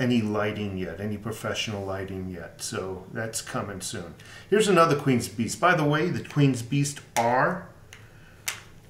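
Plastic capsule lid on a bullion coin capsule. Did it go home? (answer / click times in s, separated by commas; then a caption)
released / 8.5 s. A plastic snap lid on a bullion coin capsule holding a Queen's Beasts piece is being opened while someone talks. The lid releases with a sharp click at 8.5 s, and the capsule comes open.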